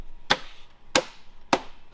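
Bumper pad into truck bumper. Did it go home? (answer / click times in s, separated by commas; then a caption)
yes / 1.0 s, 1.5 s. A bumper pad is pushed onto the bumper of a Chevy High Country truck while the bumper installation is being finished. Three sharp, loud impact hits ring out at about 0.3, 1.0 and 1.5 seconds. The pad snaps and seats into place with the hits at 1.0 and 1.5 seconds.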